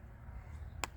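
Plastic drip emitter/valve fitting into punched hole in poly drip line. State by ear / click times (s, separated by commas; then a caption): seated / 0.8 s. A small plastic drip-irrigation end fitting is pushed into a freshly punched hole in poly drip tubing. Against a low background hum, a single sharp, bright click sounds at 0.8 s as the fitting seats in the tubing.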